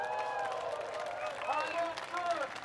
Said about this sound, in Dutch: Beste mensen, dank jullie wel. Applaus voor jullie zelf.